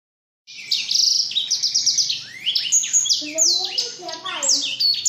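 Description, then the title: Black-throated canary song bursting in after a half-second of silence, a lively high twittering of rising and falling whistled notes and brief trills. Bird from Jombang. "Burung blackthroat Istimewa dari Jombang"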